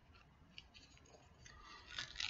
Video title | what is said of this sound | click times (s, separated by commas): IFR training glasses with tilting / interchangeable lenses | so we'll put them in start from the outside and just click into place | 2.2 s